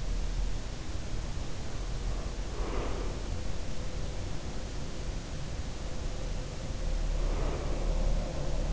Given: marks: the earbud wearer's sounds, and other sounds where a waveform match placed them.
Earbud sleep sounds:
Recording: sounds in sleep by an in-ear microphone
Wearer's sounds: breath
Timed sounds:
0.80-8.72 s: sound from someone else or the room
2.41-3.90 s: breath
6.14-8.72 s: breath

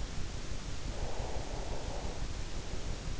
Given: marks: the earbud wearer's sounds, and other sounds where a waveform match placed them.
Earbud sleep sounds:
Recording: sounds in sleep by an in-ear microphone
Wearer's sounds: breath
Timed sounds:
0.99-3.15 s: breath

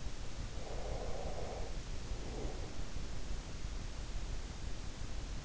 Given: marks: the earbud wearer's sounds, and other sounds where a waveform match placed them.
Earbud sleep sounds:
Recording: sounds in sleep by an in-ear microphone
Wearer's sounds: breath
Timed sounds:
0.53-2.98 s: breath

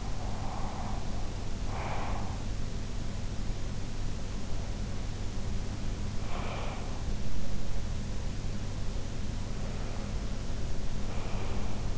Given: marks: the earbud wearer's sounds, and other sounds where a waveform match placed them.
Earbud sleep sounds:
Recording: sounds in sleep by an in-ear microphone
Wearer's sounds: breath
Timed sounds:
0.00-2.53 s: breath
6.11-7.20 s: breath
9.32-11.98 s: breath

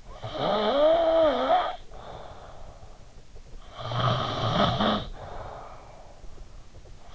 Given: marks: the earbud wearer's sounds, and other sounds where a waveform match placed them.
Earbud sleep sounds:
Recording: sounds in sleep by an in-ear microphone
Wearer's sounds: snoring breath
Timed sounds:
0.00-3.18 s: snoring breath
3.76-6.20 s: snoring breath

